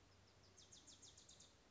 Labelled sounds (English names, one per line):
Wilson's Warbler